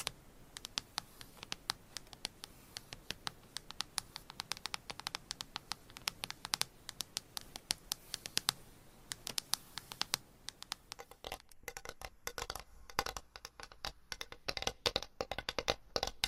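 Scratching and tapping go on in dense, irregular bursts of sharp clicks, turning sparser and more crinkly after about eleven seconds.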